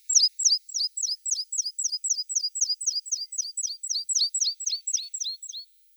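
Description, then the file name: Meadow pipit giving a rapid run of thin, high, downslurred notes, about four a second, holding an even pace for several seconds before stopping. "Anthus pratensis"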